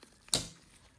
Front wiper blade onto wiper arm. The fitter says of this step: and then you're gonna squeeze on these again, and they're gonna pop into place,